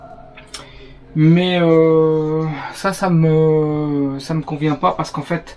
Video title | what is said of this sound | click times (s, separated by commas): #9 Comment faire une salle de bain dans un camion aménagé : WC Nature's Head, Tomtur et douche. | comme ceci qui se clipse à l'avant | 0.4 s, 0.5 s